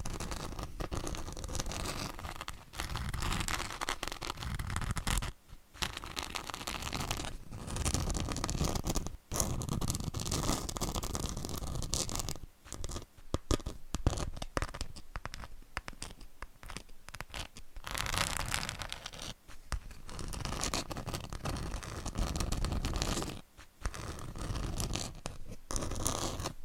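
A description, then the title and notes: Tapping and scratching go on almost without a break, a rough, dense rasp that fills low and high ranges alike. Brief silent gaps cut in around 5, 9 and 23 seconds, and a stretch of quick, choppy strokes runs from roughly 12 to 19 seconds. ASMR Tapping and Scratching with 50 Different Mics , Items & Nails (No Talking).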